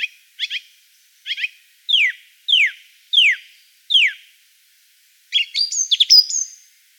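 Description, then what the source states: Song thrush repeating a descending whistled note several times, then switching to a burst of high varied chirps and trills. Song thrush song, part of a collection of forest songbirds.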